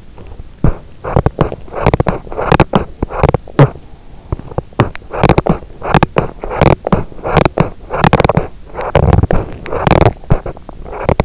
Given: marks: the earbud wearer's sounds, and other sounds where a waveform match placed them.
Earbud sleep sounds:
sounds in sleep by an in-ear microphone; teeth grinding, swallowing
0.24-3.73 s: teeth grinding
4.24-5.31 s: swallowing
5.31-11.25 s: teeth grinding

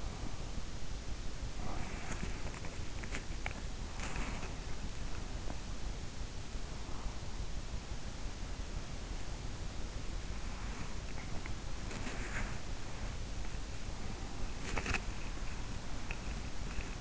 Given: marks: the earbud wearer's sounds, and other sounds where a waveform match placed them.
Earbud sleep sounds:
sounds in sleep by an in-ear microphone; body movement
0.88-17.01 s: body movement

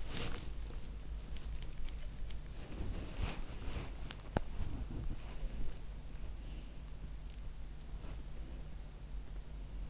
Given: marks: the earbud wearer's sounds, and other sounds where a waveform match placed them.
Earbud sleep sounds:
sounds in sleep by an in-ear microphone; body movement
0.00-0.87 s: body movement
2.82-5.16 s: body movement

